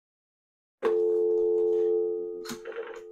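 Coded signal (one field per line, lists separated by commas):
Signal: telephone call progress tone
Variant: North America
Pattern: dial tone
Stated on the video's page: Prepay payphone controller adding a Dial Tone First function, providing coin control for Western Electric and other makers' payphones.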